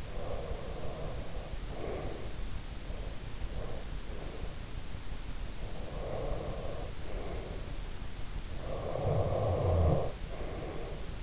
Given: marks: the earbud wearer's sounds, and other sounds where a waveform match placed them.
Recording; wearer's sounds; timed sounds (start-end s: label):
sounds in sleep by an in-ear microphone; breath, snoring breath
0.00-2.29 s: breath
2.80-4.66 s: breath
5.71-7.72 s: breath
8.66-11.23 s: snoring breath